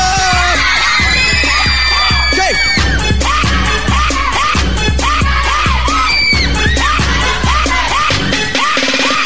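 A crowd screams and whoops nonstop, high voices rising and falling over a loud, steady pounding beat that keeps a regular rhythm throughout.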